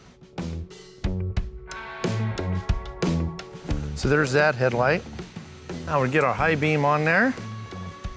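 A high beam sealed-beam headlight is being handled at its headlight bucket, with the retainer about to be snapped on over it, but nothing has seated or clicked yet. Short handling knocks and taps sound over music while someone talks.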